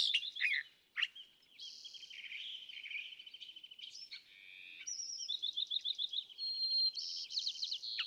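California thrasher singing a long varied medley of high whistles, rapid stuttering trills and buzzy phrases.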